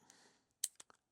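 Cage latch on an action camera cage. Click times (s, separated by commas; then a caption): 0.6 s. A light touch on the raised latch of a metal SmallRig action-camera cage makes the latch spring open with a sharp click at 0.6 s, followed by smaller clicks at 0.8 and 0.9 s. The latch pops open and releases with very little force.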